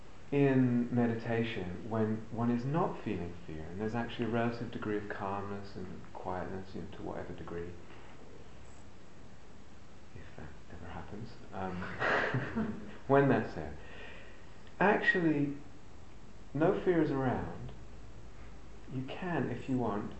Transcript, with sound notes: in meditation, when one is not feeling fear, there's actually a relative degree of calmness and quietness, to whatever degree. If that ever happens... [laughs] When that's there, actually, no fear is around, you can, if you want,